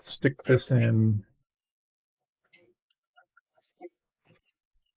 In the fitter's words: And then it snaps into place.